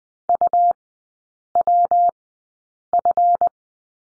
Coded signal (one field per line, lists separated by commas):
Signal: Morse code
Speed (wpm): 20 wpm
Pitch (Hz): 700 Hz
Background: none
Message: UWF